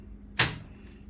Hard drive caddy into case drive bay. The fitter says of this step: and you can hear a click,